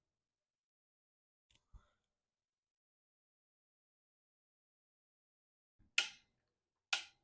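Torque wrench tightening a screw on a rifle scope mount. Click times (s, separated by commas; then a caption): 6.0 s, 6.9 s. A preset torque wrench set to 20 inch-pounds tightens a screw on a rifle scope mount after the screw is set back in. Faint handling sounds come first, then the wrench breaks over with two sharp clicks at 6.0 s and 6.9 s, confirming the screw has reached the set torque, with the second click done to be safe.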